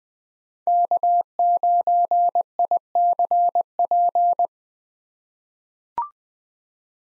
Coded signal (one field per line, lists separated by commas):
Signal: Morse code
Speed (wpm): 20 wpm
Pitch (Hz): 700 Hz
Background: none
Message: K9ICP